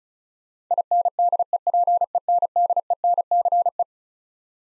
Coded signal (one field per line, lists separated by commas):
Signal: Morse code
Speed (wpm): 36 wpm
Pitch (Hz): 700 Hz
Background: none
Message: INDEPENDENCE